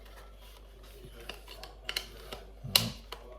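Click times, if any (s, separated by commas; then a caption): 2.8 s. The second side of a battery head strap arm is pushed into the opposite side mount of a Quest 3 VR headset, the same way as the first side. A few faint plastic ticks come first, then a sharp click at 2.8 s as the arm seats firmly in the mount.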